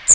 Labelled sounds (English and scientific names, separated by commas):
Magnolia Warbler (Setophaga magnolia) flight call